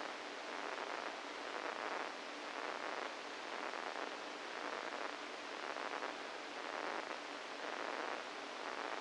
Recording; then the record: brain microelectrode recording played as sound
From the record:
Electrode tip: inside the subthalamic nucleus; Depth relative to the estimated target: 0 mm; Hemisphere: right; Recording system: NeuroSet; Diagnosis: Parkinson's disease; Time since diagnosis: 7 years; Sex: female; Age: 68 years